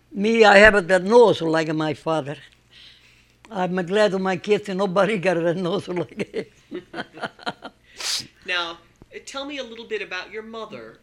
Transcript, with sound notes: Me, I have the nose like my father. I'm glad my kids, nobody got a nose like him. ( she laughs )
Now, tell me a little bit about your mother.